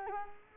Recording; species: mosquito wingbeat signal from an infrared sensor; Culex quinquefasciatus